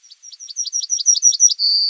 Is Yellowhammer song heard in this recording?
yes